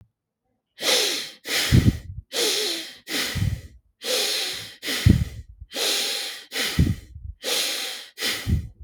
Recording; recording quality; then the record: shallow breathing; excellent, no background noise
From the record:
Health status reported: exposed to COVID-19, no respiratory illness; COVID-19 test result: negative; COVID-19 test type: RT-PCR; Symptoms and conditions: fatigue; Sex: male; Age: 43 years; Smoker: no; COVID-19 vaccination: both doses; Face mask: not worn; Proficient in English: yes